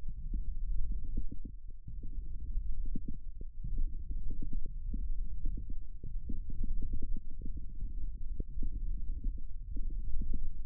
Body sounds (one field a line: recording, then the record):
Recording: forearm muscle sounds (acoustic myography)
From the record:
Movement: tripod grip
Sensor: system 1, eight BSWA MPA416 microphones around the upper forearm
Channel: 8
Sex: male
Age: 18 years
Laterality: right